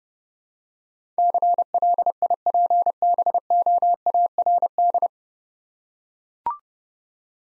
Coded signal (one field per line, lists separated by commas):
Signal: Morse code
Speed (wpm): 30 wpm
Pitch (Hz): 700 Hz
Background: none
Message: CLIPBOARD